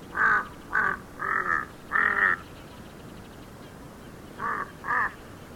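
Kaka giving a run of four loud, grating squawks roughly half a second apart, a pause, then two more harsh nasal calls.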